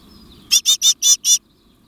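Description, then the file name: Great tit calls: a quick run of five harsh, buzzy chattering notes lasting under a second, over a faint low background hum. "Parus major"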